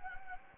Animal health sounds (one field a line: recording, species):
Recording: mosquito wingbeat signal from an infrared sensor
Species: Anopheles gambiae